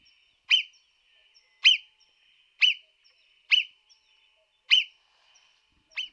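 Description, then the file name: Marmot calls with shrill, clipped whistles. Six come about a second apart, each a quick high note with a sharp attack. "Marmotta da xenocanto"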